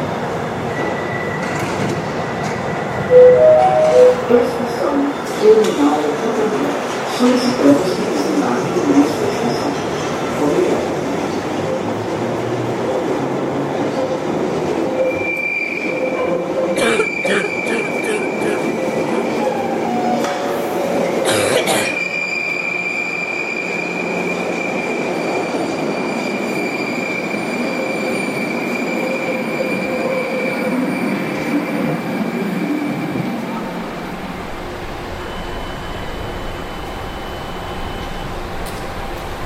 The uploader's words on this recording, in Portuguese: Paisagem sonora do Metrô de São Paulo. Sao Paulo subwway soundscape.